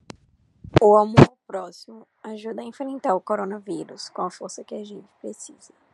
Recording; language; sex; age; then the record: spoken sentence; Brazilian Portuguese; female; 18 to 19 years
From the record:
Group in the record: control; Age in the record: 19 years